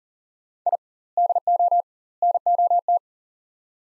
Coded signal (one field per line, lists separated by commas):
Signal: Morse code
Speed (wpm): 40 wpm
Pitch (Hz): 700 Hz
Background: none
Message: I DO NOT